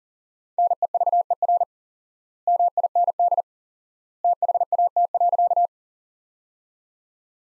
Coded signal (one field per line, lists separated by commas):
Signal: Morse code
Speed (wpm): 40 wpm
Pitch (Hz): 700 Hz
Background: none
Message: NEVER MIND THAT.